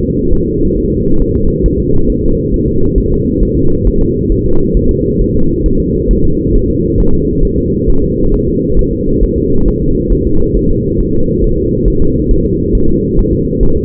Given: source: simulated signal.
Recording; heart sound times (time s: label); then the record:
fetal heart sounds
0.03 s: S2
0.33 s: S1
0.48 s: S2
0.78 s: S1
0.92 s: S2
1.22 s: S1
1.36 s: S2
1.66 s: S1
1.80 s: S2
2.10 s: S1
2.24 s: S2
2.54 s: S1
2.68 s: S2
2.98 s: S1
3.12 s: S2
3.43 s: S1
3.57 s: S2
3.87 s: S1
4.01 s: S2
4.32 s: S1
4.46 s: S2
4.77 s: S1
4.91 s: S2
5.21 s: S1
5.35 s: S2
5.66 s: S1
5.80 s: S2
6.11 s: S1
6.25 s: S2
6.56 s: S1
6.70 s: S2
7.00 s: S1
7.14 s: S2
7.45 s: S1
7.59 s: S2
7.90 s: S1
8.04 s: S2
8.34 s: S1
8.48 s: S2
8.79 s: S1
8.93 s: S2
9.24 s: S1
9.38 s: S2
9.68 s: S1
9.82 s: S2
10.12 s: S1
10.27 s: S2
10.57 s: S1
10.71 s: S2
11.00 s: S1
11.15 s: S2
11.44 s: S1
11.58 s: S2
11.88 s: S1
12.02 s: S2
12.31 s: S1
12.45 s: S2
12.75 s: S1
12.89 s: S2
13.19 s: S1
13.33 s: S2
13.63 s: S1
13.77 s: S2
From the record:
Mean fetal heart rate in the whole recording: 135 bpm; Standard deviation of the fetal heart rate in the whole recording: 3 bpm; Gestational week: 36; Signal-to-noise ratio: -17.7 dB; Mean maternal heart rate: 72 bpm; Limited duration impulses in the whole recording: present